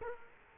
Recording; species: mosquito wingbeat signal from an infrared sensor; Culex quinquefasciatus